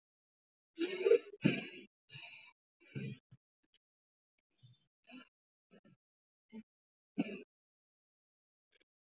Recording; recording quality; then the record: shallow breathing; moderate, slight background noise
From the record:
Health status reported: healthy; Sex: male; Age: 33 years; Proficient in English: yes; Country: India